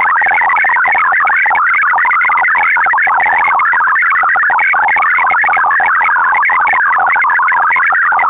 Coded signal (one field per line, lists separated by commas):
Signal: multi-tone FSK (Olivia or MFSK type)